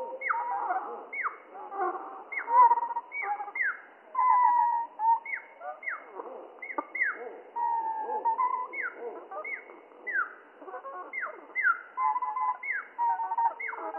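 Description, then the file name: Spotted flycatcher song slowed down, a continuous stream of falling swooping whistles and clicky fluttering notes, packed closely throughout. Song slowed down by three octaves, mono recording. "GOBE MOUCHE GRIS MOINS TROIS OCTAVES MONO"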